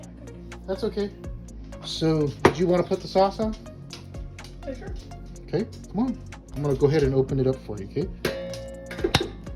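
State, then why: Released. Someone talks over background music while the metal screw lid on a store-bought glass jar of pizza sauce is twisted open. At 9.2 s the lid's vacuum seal releases with a sharp pop, showing the jar is fine.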